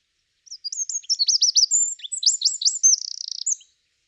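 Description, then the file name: Eurasian wren song, a brisk three-second burst of high chirps and sweeping notes ending in a rapid buzzy trill. "Troglodytes troglodytes"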